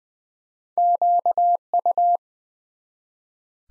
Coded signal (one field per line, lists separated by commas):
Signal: Morse code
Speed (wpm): 20 wpm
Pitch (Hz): 700 Hz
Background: none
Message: QU